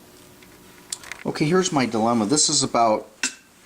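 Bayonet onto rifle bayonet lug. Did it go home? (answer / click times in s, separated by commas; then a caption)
partly / 3.2 s. Someone talks while a steel bayonet is pushed onto the bayonet lug of an M1903 rifle, with light knocks near 0.9 and 1.1 s. A metallic clank at 3.2 s marks where the bayonet jams part way. It is extremely tight and does not seat or lock.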